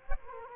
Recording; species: mosquito wingbeat signal from an infrared sensor; Culex quinquefasciatus